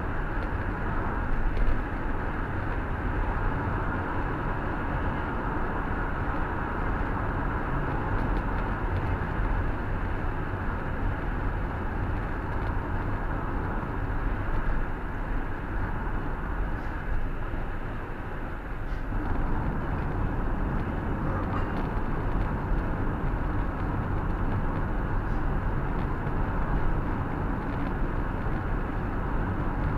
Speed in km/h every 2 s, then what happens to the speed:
89, 91, 90, 89, 88, 81, 78, 76, 76, 76, 76, 77, 77, 78, 78.
0-8 steady at about 89. 8-14 slows to 76. 14-30 steady at about 76.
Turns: none.